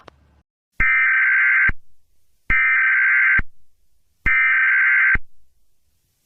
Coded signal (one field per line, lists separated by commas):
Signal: Emergency Alert System (SAME) tones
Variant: header bursts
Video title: hehe nuke eas go brr